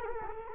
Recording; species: mosquito wingbeat signal from an infrared sensor; Culex quinquefasciatus